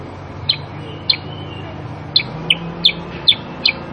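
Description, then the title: Sooty-headed bulbul uttering bright, clipped chirps, a few at first, then a quicker series toward the end, over a steady low hum. Kutilang sutra cage-bird recording used as masteran, a training tape for other kept bulbuls, featuring a super 'gacor' bird that sings continuously to provoke replies. "Masteran Kutilang Sutra. Kutilang Sutra mana YANG GAK NYAUT dan IKUT BUNYI GACOR dengan suara Kutilang Sutra Super GACOR Ini"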